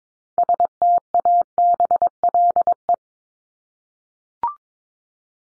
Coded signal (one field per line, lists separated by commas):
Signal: Morse code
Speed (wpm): 22 wpm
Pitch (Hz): 700 Hz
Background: none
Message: STABLE